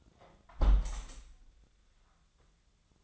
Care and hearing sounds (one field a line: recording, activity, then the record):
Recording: daily activity, microphone in the room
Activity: close window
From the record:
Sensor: 3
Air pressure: 1004.5 hPa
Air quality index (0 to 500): 110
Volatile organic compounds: 5 ppm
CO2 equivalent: 1731 ppm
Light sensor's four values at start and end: 7/16/6/6 and 7/16/6/6